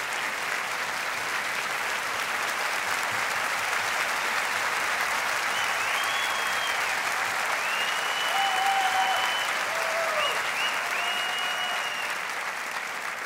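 Steady, sustained applause from a large crowd, a dense wash of clapping at an even level throughout, with a few faint whistles rising above it partway through.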